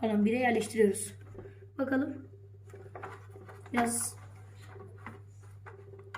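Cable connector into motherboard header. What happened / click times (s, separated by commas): The cable connector did not seat / none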